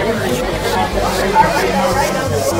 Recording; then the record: background sound without coughing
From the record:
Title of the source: Nightlife Party Simulating Party Club Noise 1 Hour